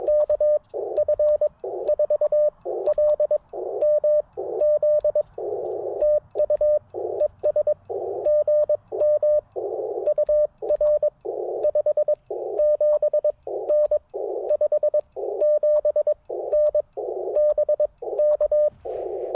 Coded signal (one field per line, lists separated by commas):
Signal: Morse code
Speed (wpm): 22 wpm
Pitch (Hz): 600 Hz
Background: none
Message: KF4LMZ TU ES GM UR 57N 57N BK